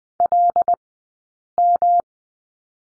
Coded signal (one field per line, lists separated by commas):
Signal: Morse code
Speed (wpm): 20 wpm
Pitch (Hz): 690 Hz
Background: none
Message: LM